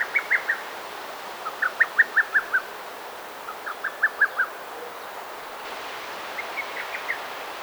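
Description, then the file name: Bird chirping in bursts of several short notes, pausing between runs, over faint steady background noise. Recorded in a garden. "Garden SFX Birds Chirping"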